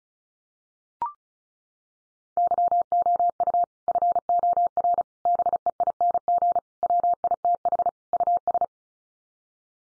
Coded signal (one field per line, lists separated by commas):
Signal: Morse code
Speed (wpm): 34 wpm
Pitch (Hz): 700 Hz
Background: none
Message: YOU FOR BEING WITH US